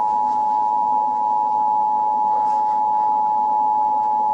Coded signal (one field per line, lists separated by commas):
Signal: Emergency Alert System (SAME) tones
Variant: 853 and 960 Hz attention tone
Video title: EAS Scenario: DO NOT FALL A SLEEP: 🛌 😴 💤 (CIVIL DANGER WARNING.)